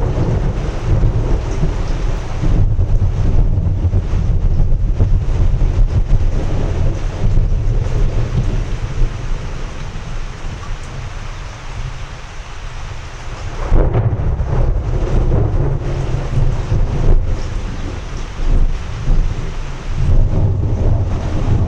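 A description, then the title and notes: A slow, rolling thunderstorm rumbles deep and low, with a steady roar of wind and rain over it. Around the middle the rumble eases and thins, then a fresh heavy roll of thunder swells back in near the fourteen-second mark and carries on. Slow rolling thunderstorm in the East Texas region. Texas Thunderstorm.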